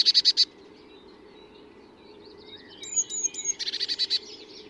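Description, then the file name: Eurasian blue tit giving a harsh buzzy burst, then a few high thin notes and another buzzy burst, over a low hum. "Cyanistes caeruleus"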